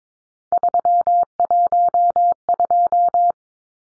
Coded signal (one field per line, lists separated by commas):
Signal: Morse code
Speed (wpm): 22 wpm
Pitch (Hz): 700 Hz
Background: none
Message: 312